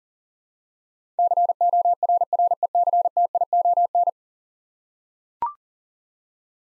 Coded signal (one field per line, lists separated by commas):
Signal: Morse code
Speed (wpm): 40 wpm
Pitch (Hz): 700 Hz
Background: none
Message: CORRECTION